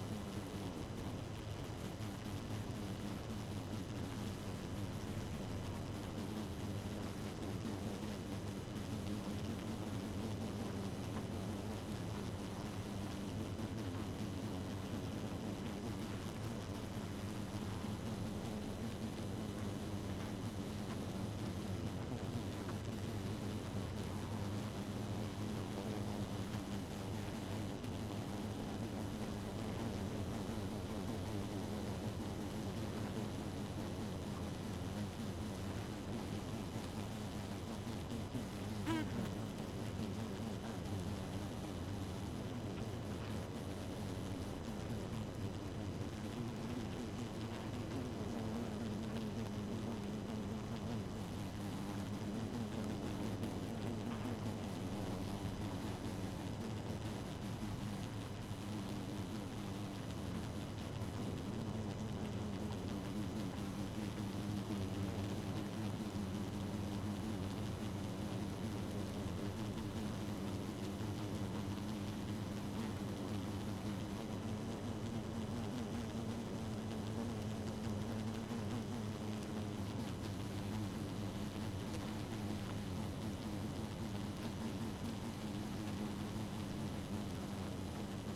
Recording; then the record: honeybee colony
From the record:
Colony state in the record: active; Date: 12 June 2018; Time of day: 1:24